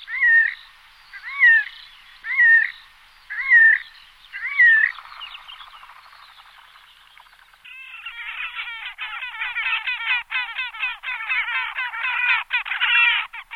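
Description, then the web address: Horned grebe calls: five squealing, upslurred notes about a second apart, then a dense, rapid run of chattering trilled notes that continues to the end. "Uzbek hayvonlar. Podiceps auritus"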